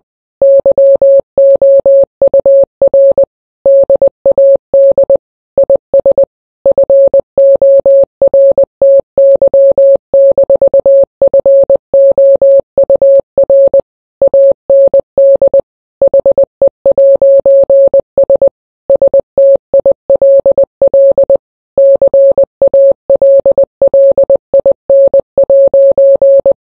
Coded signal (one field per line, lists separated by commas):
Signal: Morse code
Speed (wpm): 20 wpm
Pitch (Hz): 550 Hz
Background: none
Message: YOUR DAD IS FORTY-FOUR AND HE'S STILL CALLIN'